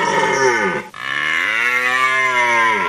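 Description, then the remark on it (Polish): A red deer stag roars twice in a row during the rut: a loud, deep, rich bellow that drops in pitch, a brief pause, then a longer sustained roar with no voices. “Wystarczy przyjechać o 21, o 22 na pętlę autobusową, na przykład w dzielnicy Malina, i tam na łąkach na pewno będziemy słyszeć grające byki.”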